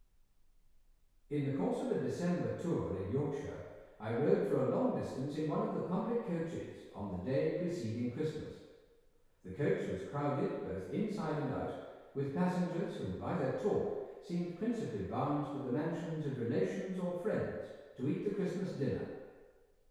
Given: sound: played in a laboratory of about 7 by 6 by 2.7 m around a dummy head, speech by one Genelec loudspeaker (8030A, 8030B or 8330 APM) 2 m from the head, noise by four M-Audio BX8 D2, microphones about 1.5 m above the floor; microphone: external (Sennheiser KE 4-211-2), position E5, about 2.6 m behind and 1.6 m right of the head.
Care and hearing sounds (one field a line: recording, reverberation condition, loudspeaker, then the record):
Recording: male speech in English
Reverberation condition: high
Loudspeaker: 120 degrees to the right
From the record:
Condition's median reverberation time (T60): about 1300 ms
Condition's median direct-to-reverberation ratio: about -4.0 dB